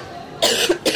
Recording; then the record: coughing mixed with background sound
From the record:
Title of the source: 55 gaggy wet cough